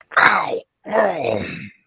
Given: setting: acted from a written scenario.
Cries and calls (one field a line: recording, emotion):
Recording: vocal sound without words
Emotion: pain